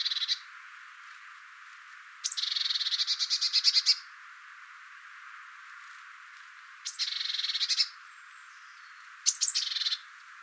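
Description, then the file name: Eurasian blue tit giving buzzy, rattling churrs, each opening with thin high notes; three bursts of about one to two seconds after a short one cut off at the start, separated by quiet gaps. "Cyanistes caeruleus"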